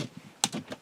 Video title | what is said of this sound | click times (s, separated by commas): Newage Hephaestus Set D (Combined Mode) | all right snapped in place | 0.4 s